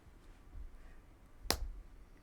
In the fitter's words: and you push till you hear that snap all right so now I have my eyes on